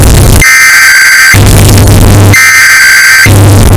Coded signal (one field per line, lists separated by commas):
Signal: Emergency Alert System (SAME) tones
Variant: header bursts